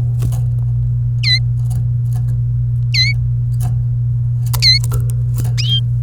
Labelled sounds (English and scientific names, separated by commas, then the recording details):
Domestic Canary (Serinus canaria) song
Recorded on 28 April 2018 at 09:18
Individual llb3